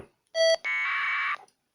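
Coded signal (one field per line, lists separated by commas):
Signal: packet radio (AX.25, as in APRS)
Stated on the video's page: APRS packet from a Raspberry Pi Zero W digipeater with FE-PI AudioZ audio board running direwolf.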